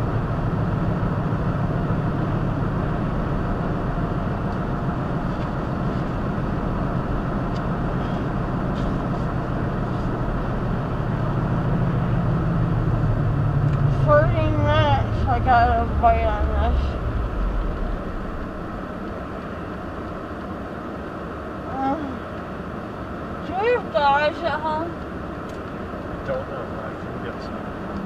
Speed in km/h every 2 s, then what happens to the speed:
58, 63, 63, 63, 63, 63, 50, 34, 15, 0, 0, 0, 0, 0.
0-11 steady at about 63. 11-17 brakes to 0. 17-28 standing.